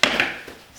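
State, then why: Seated. The handlebar of a Thule Urban Glide 2 double stroller is snapped back down into its riding position at the frame hinge after the frame has locked open. A sharp snap lands at 0.0 s, followed by a softer knock at about 0.2 s and a fading tail. The handlebar seats in place.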